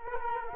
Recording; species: mosquito wingbeat signal from an infrared sensor; Culex quinquefasciatus